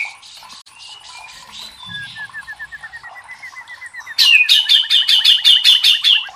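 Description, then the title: White-rumped shama singing soft thin whistles and a faint ticking series, then breaking into a loud, rapid, regular trill of high notes. Used to train cage birds (masteran). "MASTERAN MURAI BATU LABAIK"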